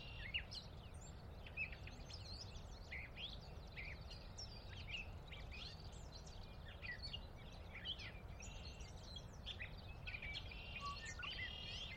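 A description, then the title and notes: A dawn chorus fills the valley, with many birds calling and singing at once in a dense, overlapping tangle of bright chirps and short trills that never lets up. Beneath it runs a steady low rumble of outdoor noise, even throughout. Sinlahekin Valley dawn chorus. The valley itself is a 16 mile long, 1/2-mile wide glacier-dug trench near the Northeastern slope of the Cascades.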